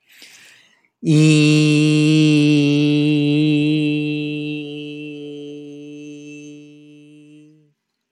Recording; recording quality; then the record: sustained vowel as in beet; excellent, no background noise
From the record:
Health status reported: exposed to COVID-19, no respiratory illness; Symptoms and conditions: sore throat, muscle pain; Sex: male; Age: 35 years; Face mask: not worn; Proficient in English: yes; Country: United States